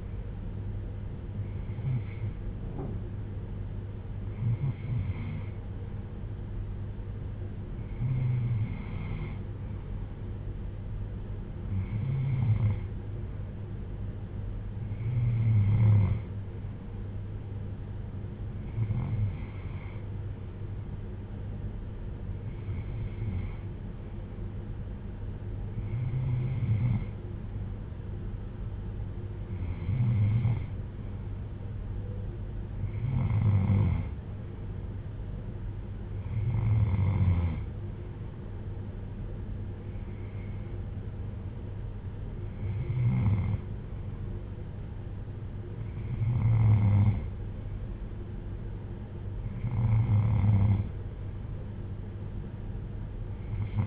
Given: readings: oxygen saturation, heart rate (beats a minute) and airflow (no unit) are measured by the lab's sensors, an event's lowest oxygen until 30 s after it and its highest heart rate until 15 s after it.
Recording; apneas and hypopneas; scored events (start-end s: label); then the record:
breathing in sleep by a smartphone at the bedside; none
none scored
From the record:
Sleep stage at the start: N3 (deep sleep); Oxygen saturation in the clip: 93 to 95%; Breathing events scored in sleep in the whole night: 310 in 8.1 hours asleep